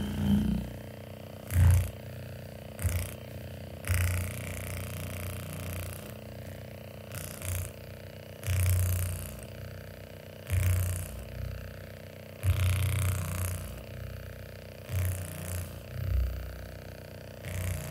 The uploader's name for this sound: Spa full body massage with massager